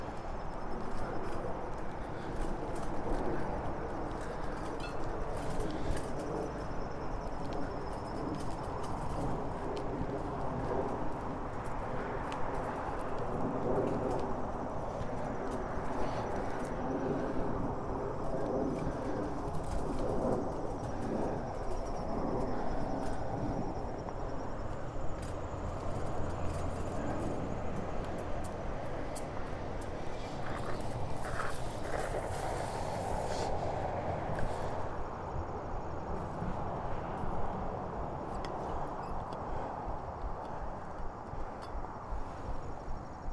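A bike ride with a steady, dense rumble of wheels and wind throughout, a few bright clicks and a brief squeal around thirty seconds.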